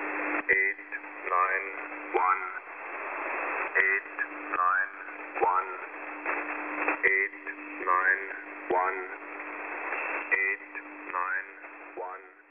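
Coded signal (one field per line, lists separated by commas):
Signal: numbers station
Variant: E06, English voice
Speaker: one of the most popular of today's active stations is e06 known as the Englishman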